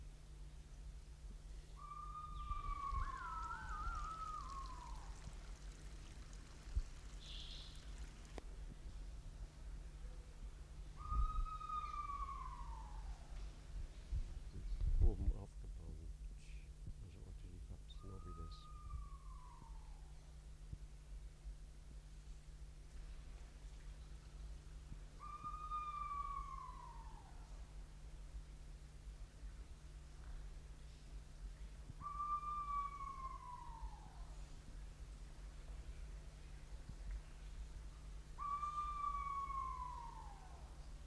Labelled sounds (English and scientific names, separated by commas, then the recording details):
Pheasant Pigeon (Otidiphaps nobilis) call
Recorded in captivity
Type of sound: call
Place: Zoo Berlin, Berlin, DE
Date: 1994-01-14 10:56
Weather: -1°C, heiter
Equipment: Marantz CP 430, Sennheiser ME 80, Kopie Uher Variocord 263
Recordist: Tembrock, Günter
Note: Dehnungslaute